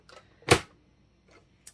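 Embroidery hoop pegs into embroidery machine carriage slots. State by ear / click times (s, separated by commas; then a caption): seated / 0.5 s. An embroidery hoop's two side pegs are slid into the two slots on the carriage of a Brother PE500 embroidery machine and snapped in. A loud, sharp click at 0.5 s, plus faint small ticks near 0.1 s and 1.7 s, shows the hoop has seated on the machine.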